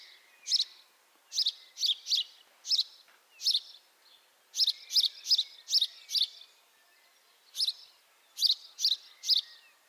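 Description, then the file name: House sparrow chirps: strident single and doubled notes in short groups separated by brief pauses, against a quiet background. "Passer domesticus"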